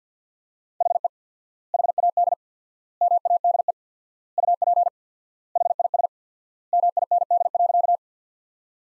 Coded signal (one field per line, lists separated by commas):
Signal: Morse code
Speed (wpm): 50 wpm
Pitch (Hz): 700 Hz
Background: none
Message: HE HAD MADE UP HIS MIND.